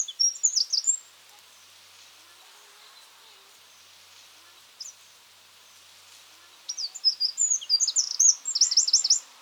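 Eurasian wren, short, shrill, fast-paced phrases of high notes and rattles against constant noisy background hiss.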